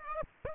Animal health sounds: mosquito wingbeat signal from an infrared sensor; Aedes aegypti

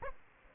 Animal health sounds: mosquito wingbeat signal from an infrared sensor; Aedes aegypti

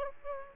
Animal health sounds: mosquito wingbeat signal from an infrared sensor; Aedes aegypti

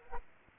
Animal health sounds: mosquito wingbeat signal from an infrared sensor; Aedes aegypti

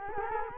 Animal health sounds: mosquito wingbeat signal from an infrared sensor; Culex quinquefasciatus

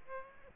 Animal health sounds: mosquito wingbeat signal from an infrared sensor; Aedes aegypti

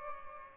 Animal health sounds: mosquito wingbeat signal from an infrared sensor; Aedes albopictus

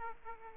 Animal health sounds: mosquito wingbeat signal from an infrared sensor; Aedes aegypti

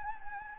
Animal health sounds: mosquito wingbeat signal from an infrared sensor; Anopheles gambiae

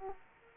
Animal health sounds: mosquito wingbeat signal from an infrared sensor; Aedes aegypti

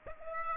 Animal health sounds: mosquito wingbeat signal from an infrared sensor; Aedes aegypti

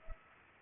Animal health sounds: mosquito wingbeat signal from an infrared sensor; Culex pipiens

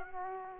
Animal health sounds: mosquito wingbeat signal from an infrared sensor; Aedes aegypti

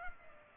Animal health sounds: mosquito wingbeat signal from an infrared sensor; Culex pipiens

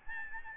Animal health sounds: mosquito wingbeat signal from an infrared sensor; Aedes albopictus

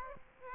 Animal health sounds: mosquito wingbeat signal from an infrared sensor; Aedes aegypti

